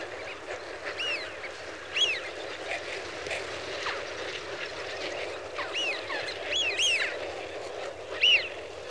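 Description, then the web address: Eurasian wigeon flock whistling, several rising-then-falling whistles from several birds, with a louder whistle near the end, over steady hiss. "The BBC Sound Effects Library. Wigeon (Anas Penelope) Flock"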